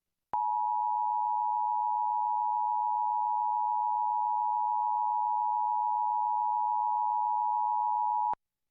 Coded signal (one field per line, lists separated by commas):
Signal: Emergency Alert System (SAME) tones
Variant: 853 and 960 Hz attention tone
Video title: National EAS Test - October 4th, 2023 - KING-DT